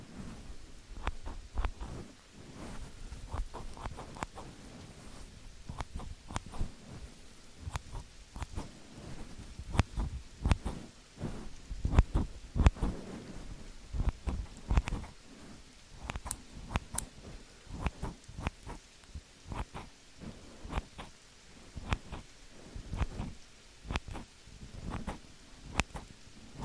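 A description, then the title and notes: Rain falls in a steady, dense patter of irregular drops, with sharp, bright ticks scattered throughout. A low rumble runs underneath, and a few louder hits stand out around the middle and later on, without any real change in intensity. Scissors Sounds - Rain.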